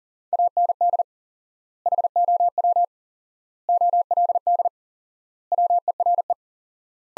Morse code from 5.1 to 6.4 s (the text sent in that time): WERE